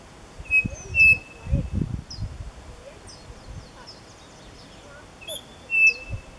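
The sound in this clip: Bird calls: paired flat whistles at the start and end, with scattered high thin chirps between and low rumbling sounds.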